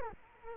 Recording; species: mosquito wingbeat signal from an infrared sensor; Culex quinquefasciatus